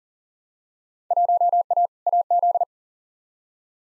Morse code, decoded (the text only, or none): 1A AZ